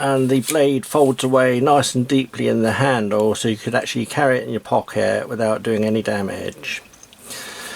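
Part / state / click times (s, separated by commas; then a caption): folding blade into the knife handle lock / seated / 7.0 s, 7.1 s. Someone talks while a Sheffield S067220 folding utility knife's metal blade is swung open out of the handle. The back lock engages with two sharp clicks at 7.0 s and 7.1 s, and the blade locks open with a positive click.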